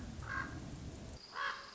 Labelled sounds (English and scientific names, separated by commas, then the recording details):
Common Raven (Corvus corax)
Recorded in Sonoma County, California